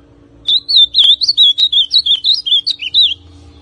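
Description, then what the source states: Ultramarine grosbeak giving one rich warbled phrase of quick, looping whistled notes, about a dozen syllables in under three seconds, over a steady low hum. Classic song style of the ultramarine grosbeak.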